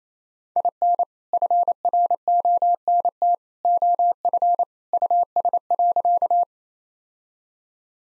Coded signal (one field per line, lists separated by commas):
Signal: Morse code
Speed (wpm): 28 wpm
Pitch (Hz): 700 Hz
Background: none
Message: IN FRONT OF US.